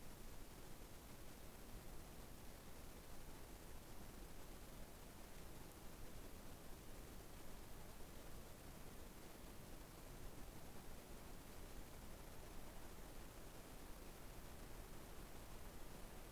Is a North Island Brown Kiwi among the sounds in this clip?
no